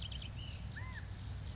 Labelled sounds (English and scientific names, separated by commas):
California Quail (Callipepla californica)